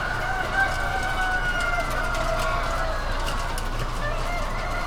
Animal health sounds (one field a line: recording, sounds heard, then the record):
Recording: poultry house recording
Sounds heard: healthy chickens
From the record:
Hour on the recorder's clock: 20